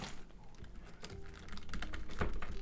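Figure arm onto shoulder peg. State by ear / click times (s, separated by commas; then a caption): not seated / none. Someone handles the second arm of an action figure, working it toward its shoulder peg, with a few short, light taps and rattles of handling between about 1.0 and 2.2 seconds. Nothing has seated or clicked yet when the clip ends, just before the arm goes home on the peg.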